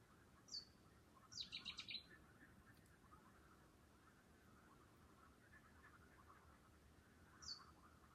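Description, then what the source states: Bird calling with a thin high descending note, then a rapid burst of five sharp chirps, another lone descending note at the end; faint constant hum underneath. Calling at night.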